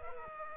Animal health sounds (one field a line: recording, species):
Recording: mosquito wingbeat signal from an infrared sensor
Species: Culex quinquefasciatus